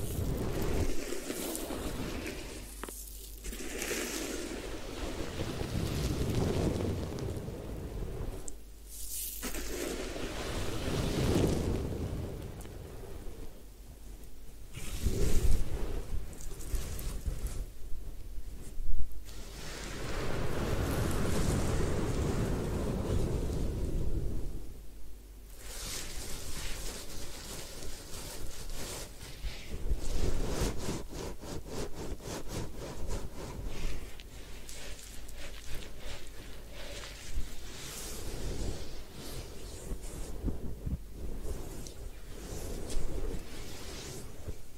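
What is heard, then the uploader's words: Hair washing and scalp massage: running water and wet rubbing make a steady rushing wash that swells and fades every few seconds. Brief quieter gaps break it near 3, 9, 14 and 25 seconds, and a faint voice may sit underneath. Head Spa Hair Wash, Massage, Ear Cleaning.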